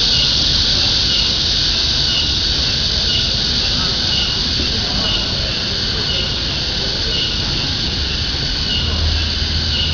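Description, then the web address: Cicada drone, a continuous hissing buzz with faint regular pulses, steady throughout. "特酷声音素材库 动物 昆虫 知了"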